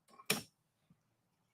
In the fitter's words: hear that they're now locked in place they don't go anywhere